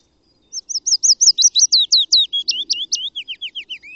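Bird song: a fast series of high, sharp notes that shift to falling slurred notes.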